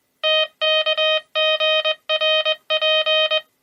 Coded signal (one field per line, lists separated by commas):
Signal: Morse code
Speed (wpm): 21 wpm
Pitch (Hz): 3100 Hz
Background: music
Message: TKGRP